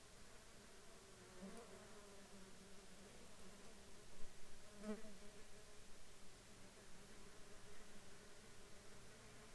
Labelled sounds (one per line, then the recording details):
insects
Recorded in the Arctic National Wildlife Refuge, Alaska, on 21 June 2019 at 11:21
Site 33